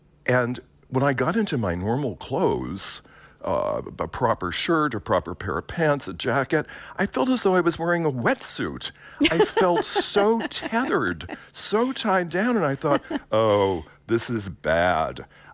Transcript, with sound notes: And when I got into my normal clothes - a proper shirt, a proper pair of pants, a jacket - I felt as though I was wearing a wet suit.
(Laughter).
I felt so tethered, so tied down. And I thought, oh, this is bad.